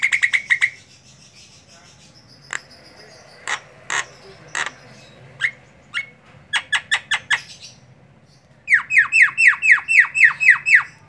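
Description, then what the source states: Javan myna singing a varied medley of sharp clicks and rasping notes, ending in a fast string of repeated down-slurred whistles. Javan myna in ngoceh, a chattering song style.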